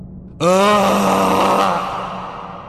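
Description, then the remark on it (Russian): A man in distress, caught among falling stones in a collapsing crypt, lets out a loud, piercing scream, sudden and sustained for over a second before trailing off into a fading echo. “Это был крик попавшего в беду человека.”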